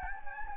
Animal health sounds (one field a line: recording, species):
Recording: mosquito wingbeat signal from an infrared sensor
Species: Anopheles gambiae